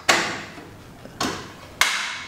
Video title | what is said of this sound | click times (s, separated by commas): Install & Review-Ciro 3D Latitude LED Tail Light & License Plate Holder on Harley Davidson | sure the tabs are snapped in like so | 0.1 s, 1.8 s